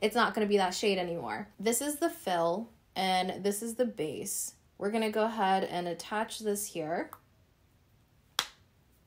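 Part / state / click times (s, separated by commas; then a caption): lipstick refill bullet into refillable lipstick base / seated / 8.4 s. A plastic lipstick refill is pushed onto its refillable lipstick base while someone talks. After the talking stops, a single sharp, short click is heard at 8.4 seconds as the refill snaps into the base and is seated.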